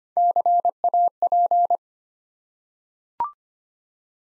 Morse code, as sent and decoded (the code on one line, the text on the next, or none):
-.-. .- .--.
CAP